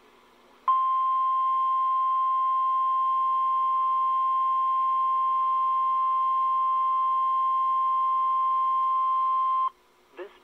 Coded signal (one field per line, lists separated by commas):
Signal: Emergency Alert System (SAME) tones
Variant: 1050 Hz attention tone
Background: speech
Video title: EAS 1051 KIH28 RWT